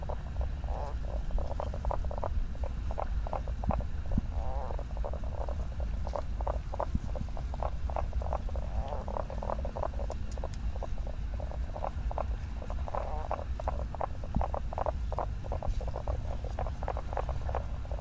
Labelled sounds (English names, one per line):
Common Spadefoot call